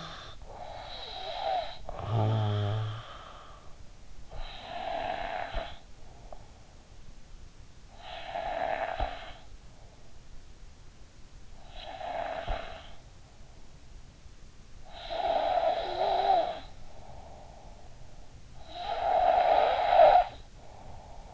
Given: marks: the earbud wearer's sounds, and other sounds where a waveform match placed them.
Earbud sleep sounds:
sounds in sleep by an in-ear microphone; snoring breath, breath
0.00-4.18 s: snoring breath
4.18-14.73 s: breath
14.73-21.34 s: snoring breath

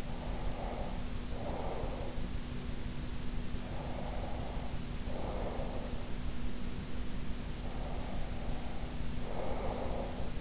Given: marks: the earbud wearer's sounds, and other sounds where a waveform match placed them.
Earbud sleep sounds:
sounds in sleep by an in-ear microphone; breath
0.00-2.26 s: breath
3.59-6.09 s: breath
7.60-10.41 s: breath

